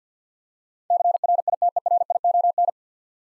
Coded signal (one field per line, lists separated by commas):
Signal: Morse code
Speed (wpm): 52 wpm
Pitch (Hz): 700 Hz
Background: none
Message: CRITERION